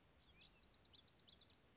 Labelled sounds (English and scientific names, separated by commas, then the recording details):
Lazuli Bunting (Passerina amoena)
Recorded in Sonoma County, California